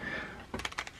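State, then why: Seated. A rechargeable battery pack is slid up into the battery slot of a Canon Vixia HF R800 camcorder. Faint hiss gives way to a quick series of short plastic clicks and taps between 0.5 and 0.9 seconds. The battery snaps and locks into place with the click at 0.8 seconds.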